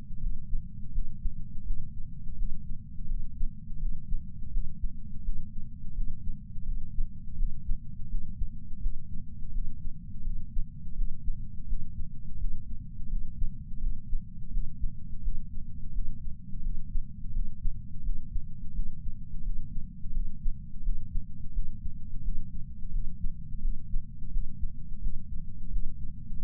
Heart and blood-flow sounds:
heart sounds by patch sensor on the chest; 85 bpm
0.19 s: heartbeat
0.91 s: heartbeat
1.64 s: heartbeat
2.35 s: heartbeat
3.07 s: heartbeat
3.78 s: heartbeat
4.50 s: heartbeat
5.22 s: heartbeat
5.93 s: heartbeat
6.64 s: heartbeat
7.36 s: heartbeat
8.08 s: heartbeat
8.80 s: heartbeat
9.51 s: heartbeat
10.23 s: heartbeat
10.94 s: heartbeat
11.66 s: heartbeat
12.37 s: heartbeat
13.08 s: heartbeat
13.79 s: heartbeat
14.50 s: heartbeat
15.21 s: heartbeat
15.92 s: heartbeat
16.61 s: heartbeat
17.32 s: heartbeat
18.02 s: heartbeat
18.73 s: heartbeat
19.42 s: heartbeat
20.12 s: heartbeat
20.82 s: heartbeat
21.52 s: heartbeat
22.22 s: heartbeat
22.91 s: heartbeat
23.60 s: heartbeat
24.30 s: heartbeat
25.00 s: heartbeat
25.69 s: heartbeat
26.38 s: heartbeat
From the record:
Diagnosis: coronary artery disease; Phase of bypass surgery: postoperative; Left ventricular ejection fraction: 62.1%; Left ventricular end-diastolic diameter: 45 mm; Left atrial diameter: 35 mm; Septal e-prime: 9.8 cm/s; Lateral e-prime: 10.5 cm/s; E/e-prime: 7.1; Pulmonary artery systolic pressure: 25 mmHg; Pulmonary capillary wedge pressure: 8 mmHg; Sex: male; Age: 58 years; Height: 172 cm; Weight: 75 kg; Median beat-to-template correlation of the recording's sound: 0.93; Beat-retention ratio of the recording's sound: 0.99

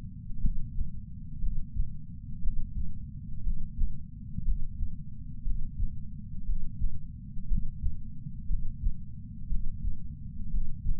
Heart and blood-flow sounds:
heart sounds by patch sensor on the chest; 59 bpm
0.42 s: heartbeat
1.42 s: heartbeat
2.42 s: heartbeat
3.45 s: heartbeat
4.46 s: heartbeat
5.45 s: heartbeat
6.47 s: heartbeat
7.49 s: heartbeat
8.49 s: heartbeat
9.50 s: heartbeat
10.52 s: heartbeat
From the record:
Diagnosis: coronary artery disease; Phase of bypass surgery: preoperative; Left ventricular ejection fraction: 41.8%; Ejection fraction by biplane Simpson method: 39%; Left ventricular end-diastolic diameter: 62 mm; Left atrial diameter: 43 mm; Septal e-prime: 3 cm/s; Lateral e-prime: 8 cm/s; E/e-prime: 13.6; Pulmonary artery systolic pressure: 41 mmHg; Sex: male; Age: 69 years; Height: 165 cm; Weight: 60 kg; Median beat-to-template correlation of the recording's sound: 0.79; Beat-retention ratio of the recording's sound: 0.99

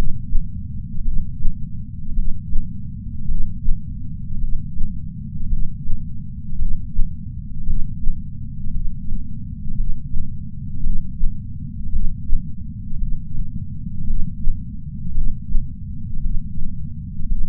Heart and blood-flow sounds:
heart sounds by patch sensor on the chest; 55 bpm
1.03 s: heartbeat
2.14 s: heartbeat
3.26 s: heartbeat
4.39 s: heartbeat
5.48 s: heartbeat
6.57 s: heartbeat
7.65 s: heartbeat
8.71 s: heartbeat
9.75 s: heartbeat
10.81 s: heartbeat
11.91 s: heartbeat
12.98 s: heartbeat
14.05 s: heartbeat
15.13 s: heartbeat
16.21 s: heartbeat
17.27 s: heartbeat
From the record:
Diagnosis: coronary artery disease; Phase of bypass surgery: preoperative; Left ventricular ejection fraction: 62%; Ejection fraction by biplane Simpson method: 62.4%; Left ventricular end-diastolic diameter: 51 mm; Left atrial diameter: 40 mm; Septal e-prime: 9.2 cm/s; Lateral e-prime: 9.2 cm/s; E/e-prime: 8.2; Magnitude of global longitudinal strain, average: 18.8%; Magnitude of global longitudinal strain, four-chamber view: 19.4%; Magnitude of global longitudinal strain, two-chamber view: 19%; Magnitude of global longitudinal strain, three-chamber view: 18.1%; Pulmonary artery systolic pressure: 24 mmHg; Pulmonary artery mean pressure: 10 mmHg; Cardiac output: 4.7 L/min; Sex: male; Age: 57 years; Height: 175 cm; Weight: 80 kg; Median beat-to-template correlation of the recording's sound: 0.88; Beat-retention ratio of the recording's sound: 0.93

